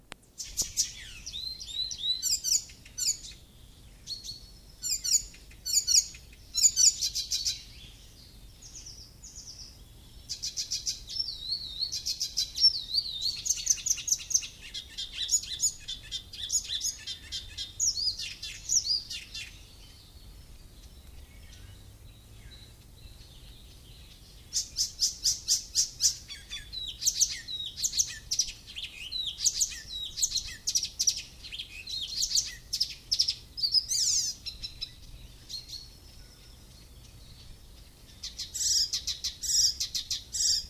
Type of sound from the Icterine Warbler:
song